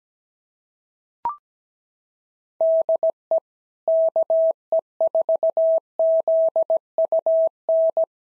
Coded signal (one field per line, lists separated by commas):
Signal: Morse code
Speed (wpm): 17 wpm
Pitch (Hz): 650 Hz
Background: none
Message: DE KE4ZUN